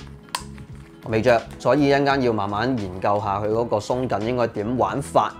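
The adjustable strap on a Merrell Hut Ultra Wrap slide sandal is lengthened and its fastener is pressed onto its anchor, giving one sharp click at 0.3 s with a few faint ticks around it. The strap is seated, and from about 1 s onward someone talks.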